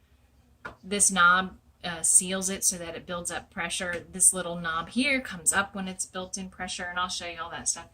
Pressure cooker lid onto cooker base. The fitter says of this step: Hear it locking up.